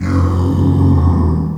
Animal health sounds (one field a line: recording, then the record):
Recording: squeal of a Yucatan mini pig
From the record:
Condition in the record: after surgery on the right vocal fold (resection and tissue-engineered implant)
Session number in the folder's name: 16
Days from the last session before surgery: 183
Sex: female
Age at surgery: 19 weeks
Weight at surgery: 25 kg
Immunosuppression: prednisolone